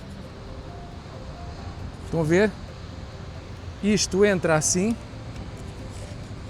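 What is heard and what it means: A circular polarizer filter is being slid into a K&F Concept square-filter holder mounted on a camera lens. Someone talks in bursts around 2.2–2.5 s and 3.9–4.9 s over a low steady background hum. The filter is still being handled and nothing has seated or clicked yet.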